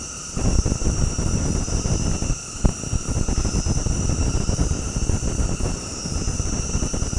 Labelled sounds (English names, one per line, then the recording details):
none
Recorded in dense forest near Puerto Asís, Putumayo, Colombia, on 19 February 2024 at 20:00
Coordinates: 0.486, -76.316
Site G6437